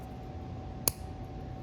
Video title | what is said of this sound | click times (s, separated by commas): UGears Pendulum — Part 6 | that into place right here until it snaps okay so that should look like that | 0.9 s